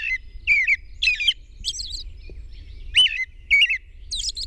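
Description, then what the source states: European robin song: bursts of thin, twittering, high warbled notes between short pauses, each phrase shifting in pitch, over a steady low rumble. Recorded at dawn on 21 June 2001.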